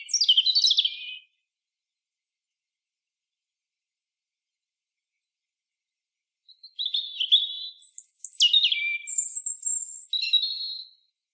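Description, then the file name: European robin song: the tail of a trilled phrase, several quiet seconds, then a longer phrase of high whistles and jangling notes. "Erithacus rubecula"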